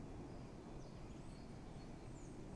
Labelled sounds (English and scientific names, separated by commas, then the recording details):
Great Tit (Parus major)
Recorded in Germany
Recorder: ecoPi